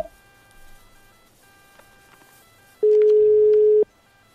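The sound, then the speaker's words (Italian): A single steady, low-pitched telephone ringing tone sounds loudly for about one second over a quiet, faint background hum, with no talking. “Il telefono sta squillando e risponderà lei.”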